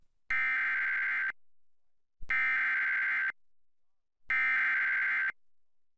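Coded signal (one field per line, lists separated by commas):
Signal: Emergency Alert System (SAME) tones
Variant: header bursts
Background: speech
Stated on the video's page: Real weather alert aired on a TV station, not a test.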